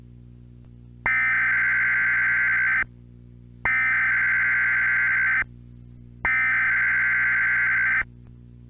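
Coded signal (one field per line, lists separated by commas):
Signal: Emergency Alert System (SAME) tones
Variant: header bursts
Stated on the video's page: Mock EAS alert recreating a 2013 northern Georgia severe weather outbreak, run through a VCR.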